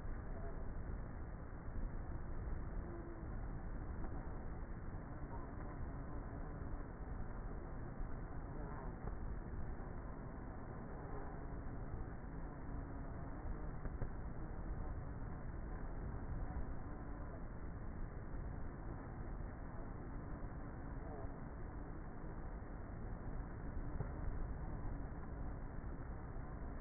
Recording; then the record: honeybee colony, microphone inside the hive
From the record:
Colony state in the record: queenless with a low population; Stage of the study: before two queens were removed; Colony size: about 30,000 bees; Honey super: no